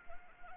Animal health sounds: mosquito wingbeat signal from an infrared sensor; Anopheles arabiensis

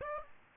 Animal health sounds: mosquito wingbeat signal from an infrared sensor; Aedes aegypti

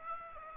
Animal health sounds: mosquito wingbeat signal from an infrared sensor; Aedes aegypti

